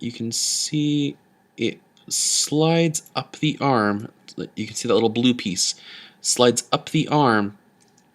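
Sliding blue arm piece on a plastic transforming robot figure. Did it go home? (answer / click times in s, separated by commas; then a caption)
no / none. Someone talks while the small blue plastic piece slides up the arm of an RID Activator Optimus Prime plastic transforming robot figure, with a couple of faint, brief handling ticks near the end. The piece is only being handled, and nothing has seated or clicked into place yet.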